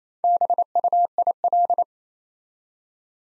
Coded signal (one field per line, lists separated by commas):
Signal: Morse code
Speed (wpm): 28 wpm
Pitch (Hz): 700 Hz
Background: none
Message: BUIL